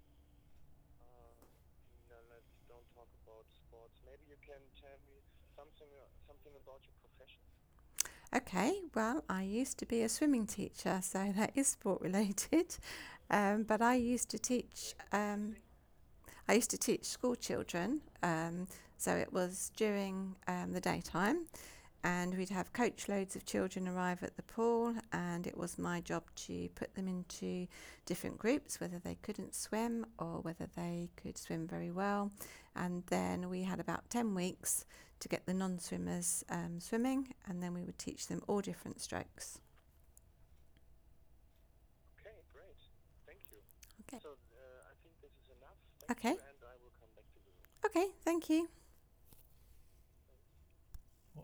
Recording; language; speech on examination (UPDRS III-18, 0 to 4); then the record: conversation on a phone call; English; 0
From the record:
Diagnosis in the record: healthy control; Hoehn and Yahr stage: 0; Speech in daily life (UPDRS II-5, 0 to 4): 0